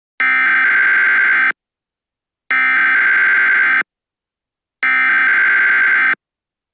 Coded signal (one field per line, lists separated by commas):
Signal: Emergency Alert System (SAME) tones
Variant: header bursts